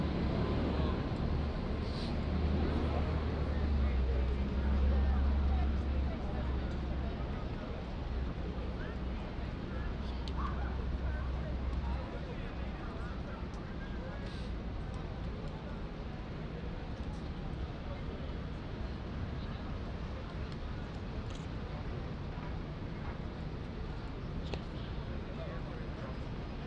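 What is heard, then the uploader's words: Street ambience from Times Square in New York City: a dense, steady wash of crowd chatter and traffic noise. A heavy low rumble from vehicles dominates the first twelve seconds, then eases. Brief clicks and sharper sounds pop up now and then throughout. This was recorded during an evening walk in Times Sq. The streets of New York City.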